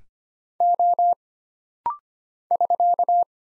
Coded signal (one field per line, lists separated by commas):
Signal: Morse code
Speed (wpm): 25 wpm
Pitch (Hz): 700 Hz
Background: none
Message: O <SK>